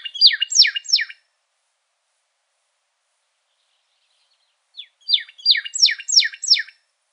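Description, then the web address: Pyrrhuloxia calls: bursts of sharp, descending chip notes repeated rapidly, with a few seconds of silence between the groups. Recorded in Arizona on 3 March 2008. "Sound Library Grosbeaks Buntings AZFO PYRR Deviche 080303"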